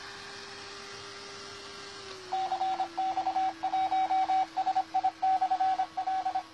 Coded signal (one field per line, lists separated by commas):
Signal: Morse code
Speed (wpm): 25 wpm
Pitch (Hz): 760 Hz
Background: radio noise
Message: CX1SI/L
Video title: LINK ECHOLIK ENERO 2016-- CX1SI --RADIOAFICION EN URUGUAY CX1SI GEO